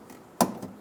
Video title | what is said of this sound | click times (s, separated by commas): How to Replace Front Bumper Cover 2007-2011 Toyota Camry | Push until you hear a click. If you don't hear a click, give it a pull. Make sure the connector's locked on. | 0.4 s